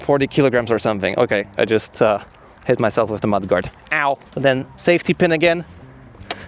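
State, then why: Released. Someone talks while handling the safety pin on a FOHOLO F15 60V eScooter, then releases the metal stem folding latch. A short, sharp clack sounds at 6.3 s as the latch unlatches.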